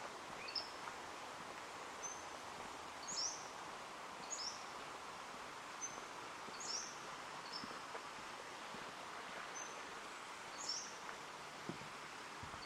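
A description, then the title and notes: Outdoors at Hoyt Arboretum in Portland, Oregon, a steady low rush of wind or distant traffic fills the background. Short, high bird chirps and whistles come every second or two, with a few soft rustles and low thumps scattered throughout. Hoyt Arboretum in Portland Oregon. A field recording only.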